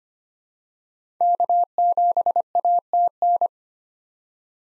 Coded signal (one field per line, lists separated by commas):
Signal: Morse code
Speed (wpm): 25 wpm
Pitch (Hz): 700 Hz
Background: none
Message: K7ATN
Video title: 2023 SOTA Chaser Call Signs - 25wpm